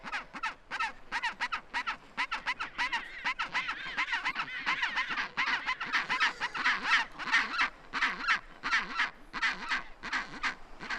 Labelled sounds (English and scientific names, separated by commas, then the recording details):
Chinstrap Penguin (Pygoscelis antarcticus) call
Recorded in the wild
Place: Half Moon Island, Antarctica, AQ
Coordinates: -62.35, -59.55
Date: 2019-01-02
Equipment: Olympus LS-100, Sennheiser ME66
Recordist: Beaulieu, Michaël